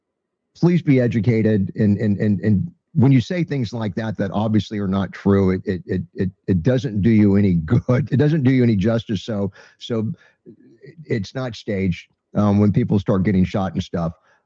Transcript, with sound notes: please be educated. And, and, and, and when you say things like that, that obviously are not true, it, it, it, it, it doesn't do you any good.
(laughs) It doesn't do you any justice. So, so, i- it's not staged, um, when people start getting shot and stuff,